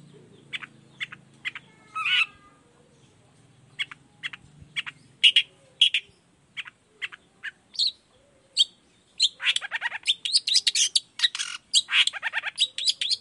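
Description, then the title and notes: Long-tailed shrike song starting with spaced harsh notes, building into a dense rapid chatter of chirps near the end; low hum early on. Cendet song in the morning, varied toet toet notes, used as a lure to prompt other shrikes of any kind to reply quickly. "Cendet Gacor Dor Di Kala Pagi Toet Toet Variasi Suara. Cendet Gacor Efektif Pancingan Buat Cendet Jenis Apapun Agar Cepat Nyaut Buka Paruh. Burung cendet"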